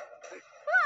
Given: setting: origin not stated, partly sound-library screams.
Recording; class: one-second piece from a danger detection set; woman in danger